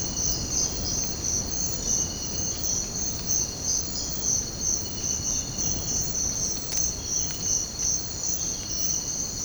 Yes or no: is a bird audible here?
no